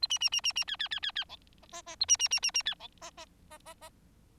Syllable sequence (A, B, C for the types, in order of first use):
A B B B B B C C C C C D E E A B B B B B C D E E E E E